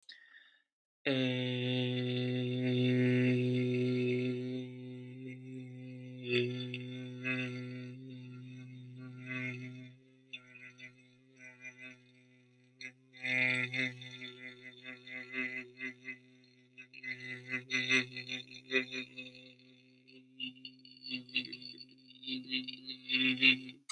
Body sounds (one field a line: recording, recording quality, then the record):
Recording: sustained vowel as in made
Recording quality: excellent, no background noise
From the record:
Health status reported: healthy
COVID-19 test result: not tested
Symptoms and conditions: asthma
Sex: male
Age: 25 years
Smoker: not ticked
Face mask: not worn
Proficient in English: yes